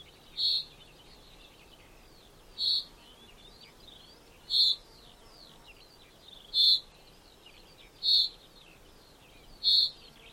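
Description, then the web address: Common chaffinch giving six sharp, metallic call notes at intervals of about one and a half to two seconds, with a steady wash of high twittering birds behind. "Deverinetal 2025 File origin Bird Only Fr Co"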